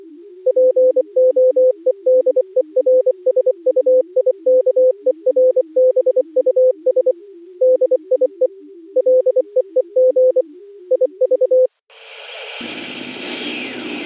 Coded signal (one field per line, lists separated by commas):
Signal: Morse code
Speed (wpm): 24 wpm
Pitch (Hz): 510 Hz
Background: music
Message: POEDERSUIKERBUS DIE LEEG IV